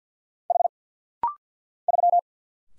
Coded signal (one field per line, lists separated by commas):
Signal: Morse code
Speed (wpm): 50 wpm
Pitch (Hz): 700 Hz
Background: none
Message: H 3